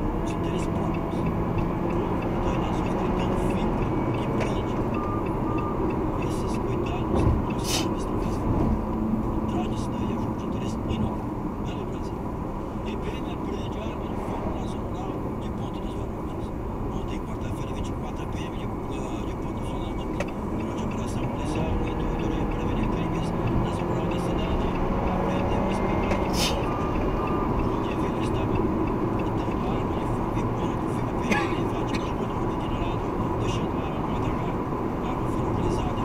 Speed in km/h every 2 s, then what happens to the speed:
101, 106, 104, 100, 87, 80, 78, 78, 80, 83, 91, 102, 111, 116, 119, 118, 116, 116.
4-10 brakes to 80. 14-26 speeds up to 116. 26-36 steady at about 116.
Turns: none.